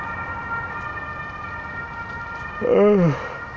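An emergency vehicle siren, heard while walking through the Hofgarten on a sunny day, holds steady, high-pitched tones throughout, then swells into a louder, wavering wail that bends downward in pitch near the end, as if sweeping past.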